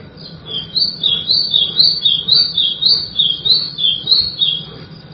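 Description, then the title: White-throated seedeater song: a lively, continuous string of high warbled notes rising and falling rhythmically, nearly four each second, over a soft constant hum. "Canto Do Golinha"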